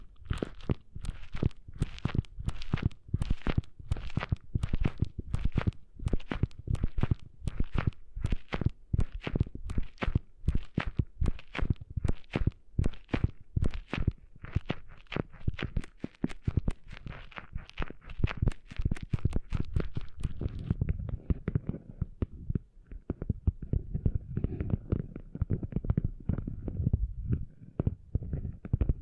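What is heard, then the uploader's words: Sand being cleaned out of an ear: fast, regular scratchy rubbing strokes with a gritty crunch, several per second. For the first twenty seconds the strokes are bright and crackly; after that they turn duller and more muffled, with a low rumbling thud. ASMR Cleaning Sand Out of Your Ears (No Talking).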